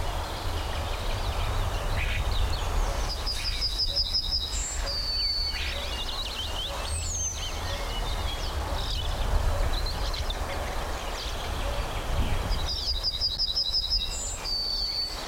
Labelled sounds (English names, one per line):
Yellowhammer